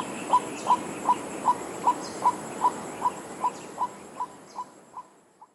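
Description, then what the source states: White-breasted waterhen call, a short tonal note repeated steadily about two to three times a second, gradually fading toward the end. Often heard from reeds by the water, hidden and hard to see; the calling sometimes lasts all night.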